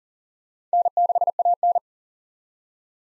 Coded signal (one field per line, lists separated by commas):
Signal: Morse code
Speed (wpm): 40 wpm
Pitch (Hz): 700 Hz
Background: none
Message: N6AN